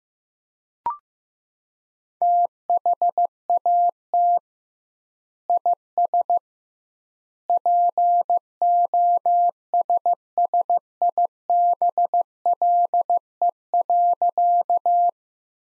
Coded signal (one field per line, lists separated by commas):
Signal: Morse code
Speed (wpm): 15 wpm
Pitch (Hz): 700 Hz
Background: none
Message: THAT IS POSSIBLE.